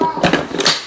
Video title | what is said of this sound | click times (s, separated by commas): Mini Baklava Bites, Channel Talk & Bloopers at the Very End | There we go. Now it's on right. Heard it click. | 0.6 s, 0.7 s